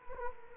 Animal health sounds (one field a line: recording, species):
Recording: mosquito wingbeat signal from an infrared sensor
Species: Culex quinquefasciatus